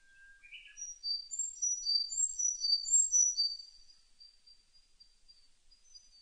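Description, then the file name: Sakhalin leaf warbler singing a rapid string of high, thin, slurred notes for about three seconds after a couple of lower introductory chirps, then quiet. Recorded on 4 June 2006. "060604 ezomusikui"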